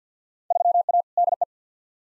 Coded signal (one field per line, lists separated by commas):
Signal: Morse code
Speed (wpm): 50 wpm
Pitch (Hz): 700 Hz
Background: none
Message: 3A DE